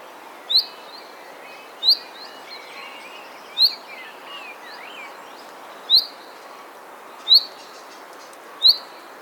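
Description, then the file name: Common chaffinch calling with sharp, bright single notes dropping in pitch, repeated roughly every one to two seconds over a soft background hiss, with faint other bird notes. "Fringilla coelebs"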